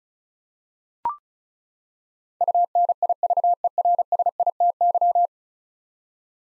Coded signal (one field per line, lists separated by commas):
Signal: Morse code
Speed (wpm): 36 wpm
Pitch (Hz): 700 Hz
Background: none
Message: UNIVERSITY